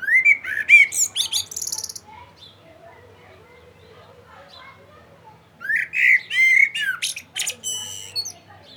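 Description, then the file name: Common blackbird song: a flowing whistled warble with a high twittering tail, a pause of several seconds, then a longer phrase of the same pattern. "Turdus merula"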